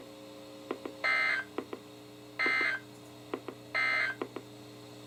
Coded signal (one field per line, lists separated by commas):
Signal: Emergency Alert System (SAME) tones